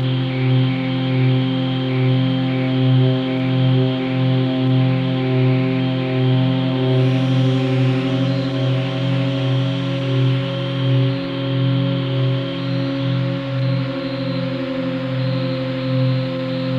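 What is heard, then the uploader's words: A sustained drone of stacked low tones holds steady for the whole clip, with a slow pulsing wobble in the bass. Fainter high tones sit above it alongside a soft hiss, which brightens briefly around the seven-second mark. Drone & frequencies.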